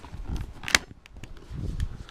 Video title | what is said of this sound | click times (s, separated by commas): #7 Motovlog New Helmet | and snaps and locks and I got this on Amazon | 0.8 s